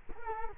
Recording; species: mosquito wingbeat signal from an infrared sensor; Culex quinquefasciatus